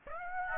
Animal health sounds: mosquito wingbeat signal from an infrared sensor; Aedes aegypti

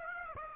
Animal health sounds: mosquito wingbeat signal from an infrared sensor; Aedes aegypti

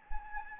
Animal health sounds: mosquito wingbeat signal from an infrared sensor; Anopheles gambiae

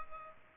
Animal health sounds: mosquito wingbeat signal from an infrared sensor; Culex pipiens

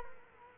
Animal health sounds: mosquito wingbeat signal from an infrared sensor; Culex quinquefasciatus

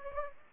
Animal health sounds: mosquito wingbeat signal from an infrared sensor; Anopheles gambiae

